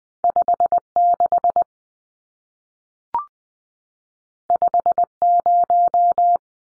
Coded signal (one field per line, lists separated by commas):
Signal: Morse code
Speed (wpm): 20 wpm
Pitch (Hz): 700 Hz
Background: none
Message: 56 50